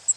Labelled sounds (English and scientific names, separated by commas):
Cape May Warbler (Setophaga tigrina) flight call